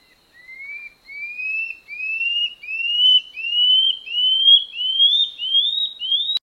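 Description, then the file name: Common scale-backed antbird song: several upslurred whistled notes, the series stepping gradually higher in pitch. "canto do rendadinho"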